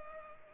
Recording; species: mosquito wingbeat signal from an infrared sensor; Culex pipiens